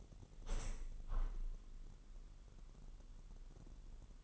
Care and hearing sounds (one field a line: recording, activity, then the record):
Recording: daily activity, microphone in the room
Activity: open window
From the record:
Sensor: 4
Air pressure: 999.4 hPa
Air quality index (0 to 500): 138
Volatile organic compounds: 3 ppm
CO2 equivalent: 1360 ppm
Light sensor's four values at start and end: 22/54/22/25 and 22/54/22/25